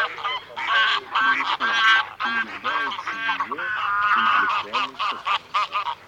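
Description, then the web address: Greylag goose: greylag geese honking and cackling together, with many overlapping nasal calls, some rising and falling, forming a continuous noisy chorus. "Гусь серый Oca Selvatica"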